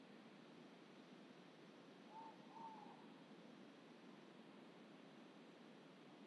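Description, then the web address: Ivory-breasted pitta uttering a single pair of soft whistled notes, the second a bit longer, against constant low hiss. Indonesia. "ULM-DS-Lab indonesian-bird-sounds. Pitta maxima"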